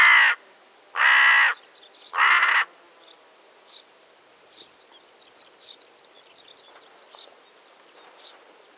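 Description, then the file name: Carrion crow with three harsh caws in quick succession, followed by a string of faint, brief high-pitched chirps. "Corvus corone"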